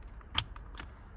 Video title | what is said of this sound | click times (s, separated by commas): Mitsubishi Eclipse Clock Spring Replacement | There you go. Slide it in and wait for the click. | 0.4 s